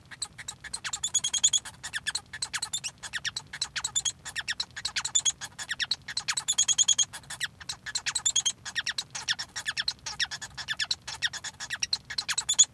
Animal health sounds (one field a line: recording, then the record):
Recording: song of a male Bengalese finch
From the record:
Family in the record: son of father 1